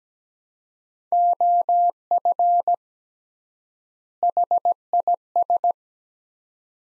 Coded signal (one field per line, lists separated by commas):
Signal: Morse code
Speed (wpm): 17 wpm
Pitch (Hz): 700 Hz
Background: none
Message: OF HIS